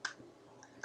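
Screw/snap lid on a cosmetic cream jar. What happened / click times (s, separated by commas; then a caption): The jar lid clicked shut / 0.0 s. A metallic rose-gold screw/snap lid is closed on a skincare cream jar and gives a sharp little click at 0.1 s, with fainter clicks following near 0.6 s and 0.8 s. The lid is seated, locking itself shut to keep the product inside fresh longer.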